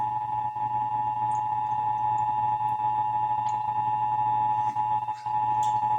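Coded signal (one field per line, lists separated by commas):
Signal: Emergency Alert System (SAME) tones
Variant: 853 and 960 Hz attention tone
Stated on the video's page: Required monthly test as heard on radio and TV stations.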